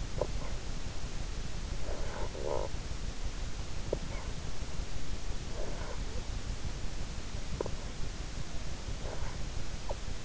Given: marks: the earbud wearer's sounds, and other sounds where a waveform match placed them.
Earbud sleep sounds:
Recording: sounds in sleep by an in-ear microphone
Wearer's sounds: snoring breath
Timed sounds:
0.00-0.66 s: snoring breath
1.62-2.88 s: snoring breath
3.85-4.37 s: snoring breath
5.37-6.44 s: snoring breath
7.37-7.92 s: snoring breath
8.89-10.25 s: snoring breath

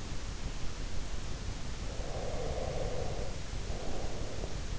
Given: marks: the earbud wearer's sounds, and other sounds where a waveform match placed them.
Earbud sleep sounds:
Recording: sounds in sleep by an in-ear microphone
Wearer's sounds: breath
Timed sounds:
1.51-4.79 s: breath

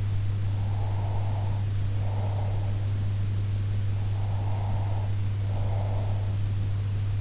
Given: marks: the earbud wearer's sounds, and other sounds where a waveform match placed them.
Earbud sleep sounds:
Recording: sounds in sleep by an in-ear microphone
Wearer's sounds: breath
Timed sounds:
0.56-2.73 s: breath
4.04-6.50 s: breath

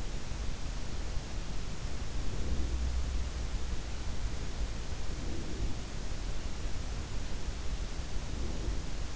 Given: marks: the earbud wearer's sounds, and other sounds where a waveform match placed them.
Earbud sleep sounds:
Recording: sounds in sleep by an in-ear microphone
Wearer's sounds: breath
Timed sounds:
1.08-6.01 s: sound from someone else or the room
1.97-3.08 s: breath
4.79-6.01 s: breath
8.20-9.16 s: breath

